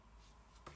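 A Backbit flash cartridge is pushed again into the cartridge slot of an Adman Grandstand VEC retro console, a Fairchild Channel F clone, with a low rustle of handling before a sharp click at 0.7 s. The cartridge clicks past the door but is not going in far enough and is not fully home.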